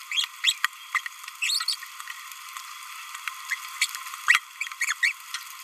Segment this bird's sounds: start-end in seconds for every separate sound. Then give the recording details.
0.12-0.25, 0.44-0.53, 0.93-1.00, 1.42-1.64, 1.68-1.75, 3.50-3.55, 4.28-4.38, 4.81-4.92, 5.03-5.12. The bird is a male. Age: 27 days. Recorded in a nest box in Venezuela. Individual 17B31A2